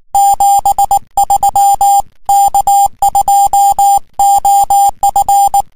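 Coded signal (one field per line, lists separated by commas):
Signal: Morse code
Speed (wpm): 19 wpm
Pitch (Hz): 800 Hz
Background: music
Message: 73 K2OF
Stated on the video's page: HF CW contacts on 28.017 MHz.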